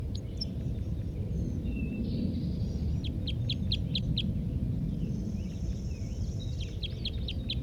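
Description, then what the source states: Red Crossbill giving a couple of early notes, then two short bursts of rapid, sharp repeated notes separated by a quiet gap, with low rumbling noise throughout. Wild male singing from the top of a pine, not yet captured, one of a group of three; almost 8 a.m., June 1, 1983, down Poverty Hollow.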